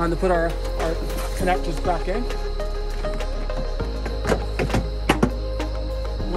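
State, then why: Seated. Tail light wiring connectors on a 2021 Tesla Model 3, during a Hansshow Eagle Eye style tail light install, are pushed back into their plastic mating sockets while someone talks over background music. A sharp click at 5.1 s marks a connector seating in its socket.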